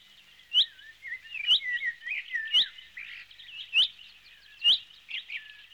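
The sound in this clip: Finch song: continuous warbling twitter with sharp ticking notes recurring roughly once a second.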